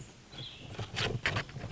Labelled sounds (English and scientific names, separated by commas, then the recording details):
Cassin's Vireo (Vireo cassinii)
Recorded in Sonoma County, California